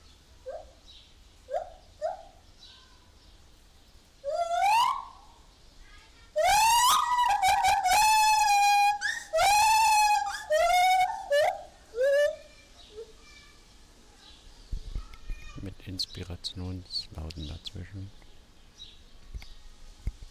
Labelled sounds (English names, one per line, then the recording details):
Lar Gibbon
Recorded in captivity
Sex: male
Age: adult
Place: Zoo Berlin, Berlin, DE
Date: 1998-06-20 10:10
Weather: wolkig - heiter, 18°C
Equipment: Sony MD-WM MZ-R3, Sennheiser ME 80, Kopie Uher 4000 Report Monitor
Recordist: Tembrock, Günter